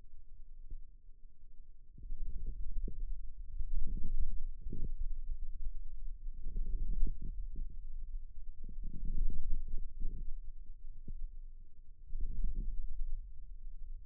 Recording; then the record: forearm muscle sounds (acoustic myography)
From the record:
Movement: radial deviation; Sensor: system 2, bracelet of six BSWA MPA416 microphones around the upper forearm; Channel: 6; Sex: male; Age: 22 years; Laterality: right